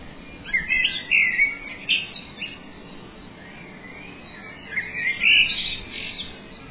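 Bird chirps: bursts of bright, rapid twittering notes, a busy group early on and another near the end, with quieter gaps between.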